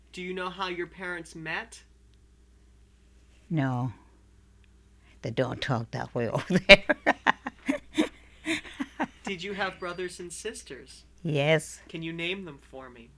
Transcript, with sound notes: Do you know how your parents met?
No. They don't talk that way over there. ( she laughs )
Did you have brothers and sisters?
Yes.
Can you name them for me?